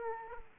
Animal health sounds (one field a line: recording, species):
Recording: mosquito wingbeat signal from an infrared sensor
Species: Aedes aegypti